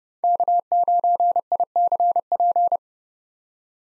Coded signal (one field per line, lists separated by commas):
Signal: Morse code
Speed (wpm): 30 wpm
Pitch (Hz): 700 Hz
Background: none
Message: K9ICP